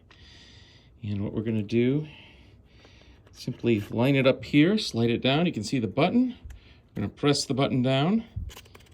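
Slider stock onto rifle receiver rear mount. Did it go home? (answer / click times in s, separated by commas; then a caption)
no / none. A Manticore Arms slider stock for a Scorpion EVO rifle is handled while someone talks: it is lined up with the rear mount of the receiver and slid down while the release button is pressed. A few faint, short ticks come near the end. The stock's mounting block has not locked onto the receiver yet, and nothing has seated or clicked.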